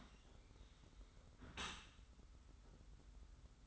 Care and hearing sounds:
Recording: daily activity, microphone in the room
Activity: close dishwasher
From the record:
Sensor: 3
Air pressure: 991.3 hPa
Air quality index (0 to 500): 135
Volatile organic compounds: 221 ppm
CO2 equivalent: 4280 ppm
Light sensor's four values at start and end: 51/139/57/50 and 51/139/57/50

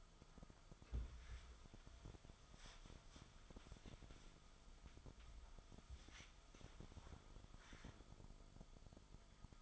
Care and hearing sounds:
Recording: daily activity, microphone in the room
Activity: wipe stove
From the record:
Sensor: 5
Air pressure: 1004.9 hPa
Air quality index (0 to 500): 106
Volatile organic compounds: 2 ppm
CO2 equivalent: 1291 ppm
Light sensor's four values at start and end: 32/72/30/30 and 33/75/31/31

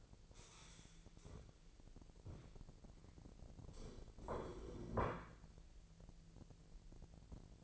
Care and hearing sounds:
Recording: daily activity, microphone in the room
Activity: stand up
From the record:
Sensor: 5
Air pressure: 1002.0 hPa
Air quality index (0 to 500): 246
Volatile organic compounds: 30 ppm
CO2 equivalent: 2956 ppm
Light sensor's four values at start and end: 44/104/43/47 and 43/103/43/47

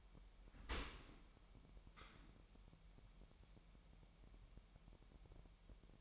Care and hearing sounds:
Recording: daily activity, microphone in the room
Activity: open dishwasher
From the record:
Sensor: 1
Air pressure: 998.4 hPa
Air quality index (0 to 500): 137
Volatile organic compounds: 4 ppm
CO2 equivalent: 1638 ppm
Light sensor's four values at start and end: 17/57/23/23 and 17/57/23/23

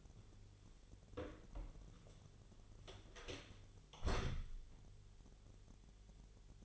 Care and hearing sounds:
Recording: daily activity, microphone in the room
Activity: close door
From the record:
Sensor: 4

